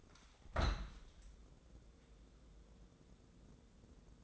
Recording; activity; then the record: daily activity, microphone in the room; open window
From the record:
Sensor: 3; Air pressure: 1012.3 hPa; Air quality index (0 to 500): 121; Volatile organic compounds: 1 ppm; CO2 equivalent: 944 ppm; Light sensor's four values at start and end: 180/432/177/163 and 180/429/176/164